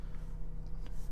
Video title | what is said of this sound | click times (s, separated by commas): FIRST IMPRESSIONS of my NEW 2021 Ford Raptor 37 Package! | of course you know like i showed you the other day you have your little click clicking right here and that's how it actually pops up | 0.9 s